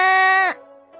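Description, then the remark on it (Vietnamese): A panicked scream rings out loud and steady for half a second, then its pitch sags and drops away, leaving a fainter, lower wavering tail. “bỗng nhiên có tiếng là hoảng đầu đó.”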